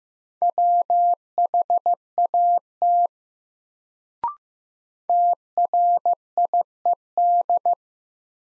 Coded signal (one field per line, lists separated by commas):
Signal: Morse code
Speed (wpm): 15 wpm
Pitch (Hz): 700 Hz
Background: none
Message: WHAT TRIED